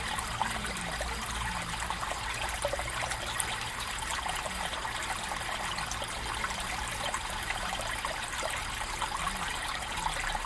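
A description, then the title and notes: A babbling creek runs steadily throughout, a dense, even trickle and splash that fills the upper range without pause. A faint high steady note, like crickets, sits on top, and a low hum with soft rising and falling tones murmurs underneath in the background. Ambient sound recorded along del Norte, the northern coastal route of the Camino de Santiago network of pilgrimage paths converging in Spain. These tiny meditations are made with binaural microphones, creating an immersive hyper-realistic listening experience.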